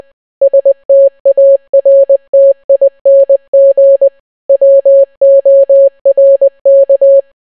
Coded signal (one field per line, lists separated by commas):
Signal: Morse code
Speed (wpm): 20 wpm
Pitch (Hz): 550 Hz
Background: none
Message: STARTING WORK